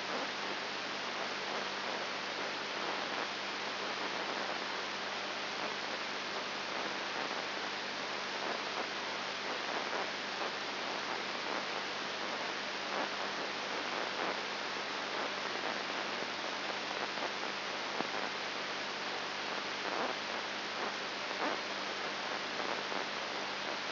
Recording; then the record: brain microelectrode recording played as sound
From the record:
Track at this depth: inside the subthalamic nucleus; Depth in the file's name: 2.702 mm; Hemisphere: left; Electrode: 3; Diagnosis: Parkinson's disease